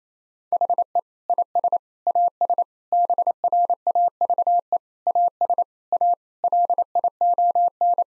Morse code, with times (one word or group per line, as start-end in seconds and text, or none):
0.5-1.0 HE
1.3-1.8 IS
2.1-2.6 AS
2.9-4.8 BRAVE
5.1-5.6 AS
5.9-6.1 A
6.4-8.0 LION